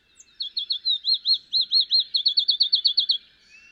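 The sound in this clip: Field sparrow song opens with a few quick notes, slows into drawn-out whistled slurs, then speeds up into a rapid trill at the end.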